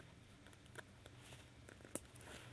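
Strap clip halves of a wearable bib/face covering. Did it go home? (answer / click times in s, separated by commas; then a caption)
yes / 2.0 s. The two halves of a wearable bib or face covering's strap clip, taken off first, are joined by hand with faint rustling and small ticks. A sharp click at about 2.0 s marks the halves locking, and the clip is seated.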